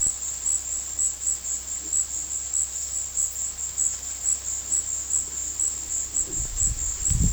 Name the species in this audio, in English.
none